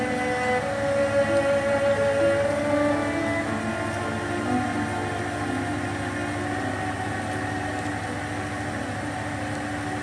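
Steady rain hiss fills the scene while soft, sustained old-fashioned music notes drift underneath, a brighter held tone rising briefly in the first few seconds.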